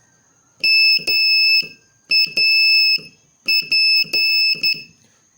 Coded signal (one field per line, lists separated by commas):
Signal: Morse code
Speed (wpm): 11 wpm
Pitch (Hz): 2600 Hz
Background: none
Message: MAP